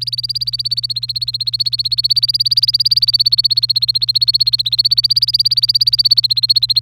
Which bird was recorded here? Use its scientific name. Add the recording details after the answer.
Serinus canaria. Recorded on 27 April 2018 at 09:15. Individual llb3